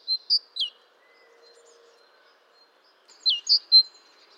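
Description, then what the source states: Great tit with two short groups of three high, clipped notes including a downward slur, a faint low hum and soft background sounds between them. Recorded 14 March 2018.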